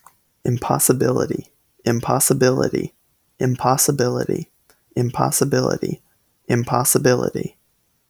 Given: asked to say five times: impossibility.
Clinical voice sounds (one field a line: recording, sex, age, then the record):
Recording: repeated word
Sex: male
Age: 18 to 19 years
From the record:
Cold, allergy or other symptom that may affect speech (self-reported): no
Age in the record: 18 years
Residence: North Carolina, United States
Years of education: 12